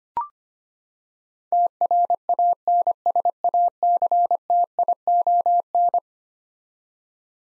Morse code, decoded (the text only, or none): TRANSACTION